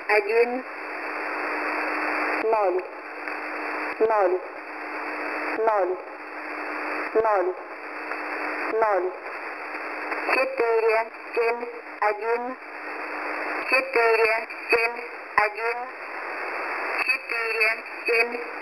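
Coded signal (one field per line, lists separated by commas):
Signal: numbers station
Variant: S06s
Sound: short, evenly spaced spoken words, likely numbers, in a synthetic voice through radio hiss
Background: radio static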